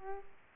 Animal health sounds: mosquito wingbeat signal from an infrared sensor; Aedes aegypti

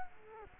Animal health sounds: mosquito wingbeat signal from an infrared sensor; Culex quinquefasciatus

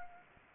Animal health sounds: mosquito wingbeat signal from an infrared sensor; Anopheles gambiae

